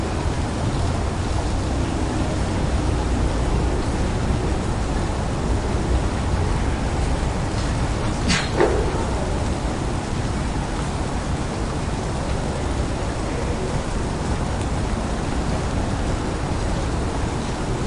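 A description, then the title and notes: Rain in a city falls as a steady, dense hiss that stays even from start to finish, with a deep low rumble of traffic underneath. A little after eight seconds, a single brief sharp sound cuts through, then the constant wash returns. Rainy Day in Amsterdam. The sounds of the European street.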